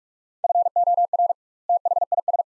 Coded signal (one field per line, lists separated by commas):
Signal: Morse code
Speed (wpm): 44 wpm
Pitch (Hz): 700 Hz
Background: none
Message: FOR THIS